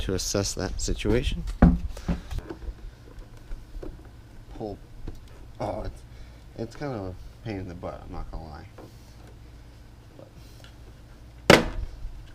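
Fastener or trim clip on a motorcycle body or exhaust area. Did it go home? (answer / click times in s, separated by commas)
released / 11.5 s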